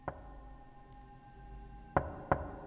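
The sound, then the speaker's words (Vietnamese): Knocking on a wooden door: one sharp rap, a long pause, then two more quick raps close together, over a faint steady hum. “Thế nhưng vừa đi được ba bước thì cái âm thanh cộc cộc ấy lại vang lên.”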